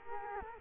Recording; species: mosquito wingbeat signal from an infrared sensor; Culex quinquefasciatus